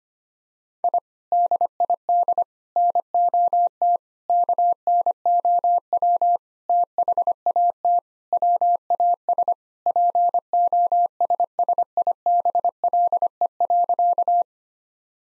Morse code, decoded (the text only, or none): I DID NOT KNOW THAT WAS POSSIBLE.